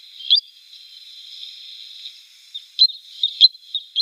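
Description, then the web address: Spotted sandpiper calling, clipped high piping notes, one early then a quick cluster of several near the end, over a constant faint high-pitched whine. "Schulze Peter Spotted Sandpiper calls"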